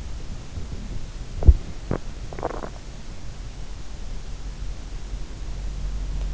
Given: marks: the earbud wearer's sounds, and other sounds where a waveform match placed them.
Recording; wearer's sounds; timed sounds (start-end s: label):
sounds in sleep by an in-ear microphone; body movement, swallowing
1.31-2.18 s: body movement
2.18-2.80 s: swallowing